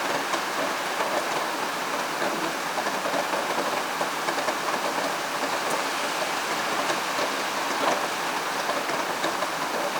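Steady rain falls throughout, a dense, even hiss of countless drops with no pauses. The sound is bright, with faint sharper ticks scattered across it, and little low rumble underneath. Loudness stays level from start to finish.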